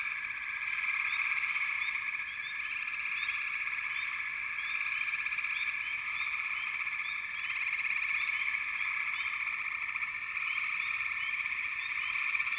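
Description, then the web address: Frogs in a dense chorus of high, continuous trilling with overlapping peeps, a steady unbroken wall of sound. "Dan Gibson Echoes of Nature. American Wilds. Frog Chorus"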